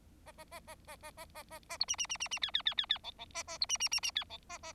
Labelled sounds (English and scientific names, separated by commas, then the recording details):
Bengalese Finch (Lonchura striata domestica) song
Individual Bird4